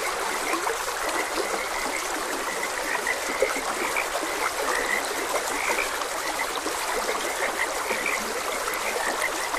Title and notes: Gentle Stream and Frogs Croaking - 4 Hr Calming Sounds of Nature |Ep56. Sleep and Relaxation Podcast